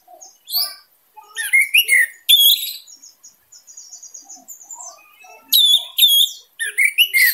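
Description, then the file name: Orange-headed thrush singing a rich, varied sequence of sharp high notes, rolling warbles and rising whistles, quieter in the middle and louder again at the end. "suara anis merah teler gacor dor"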